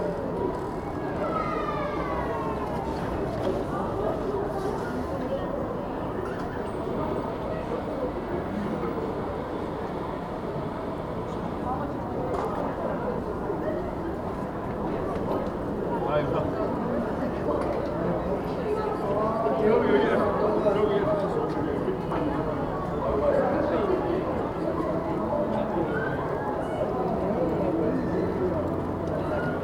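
A busy shopping street full of people, with a steady, dense murmur of many overlapping voices throughout. Footsteps and occasional clip-clop sounds mix in, and a few louder voices and brighter calls rise above the crowd around the middle and toward the end.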